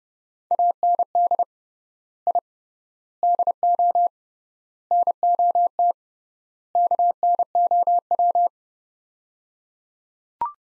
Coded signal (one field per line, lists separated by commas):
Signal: Morse code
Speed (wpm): 30 wpm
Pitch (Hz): 700 Hz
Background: none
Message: AND I DO NOT KNOW